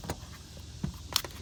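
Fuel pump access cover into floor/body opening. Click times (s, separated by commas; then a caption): 1.2 s. A plastic access cover over the fuel pump of a 2005–2009 Mustang is set back into its floor opening and pressed until it locks. A soft knock comes at 0.1 s, then a sharp click at 1.2 s as the latch locks, followed by a lighter tap at 1.3 s. The cover is seated.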